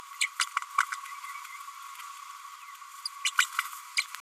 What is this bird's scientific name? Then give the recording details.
Forpus passerinus. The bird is a female. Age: 32 days. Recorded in a nest box in Venezuela. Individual 17B102A5